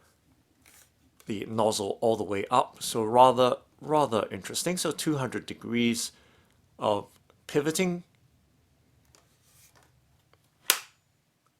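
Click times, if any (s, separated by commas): 10.7 s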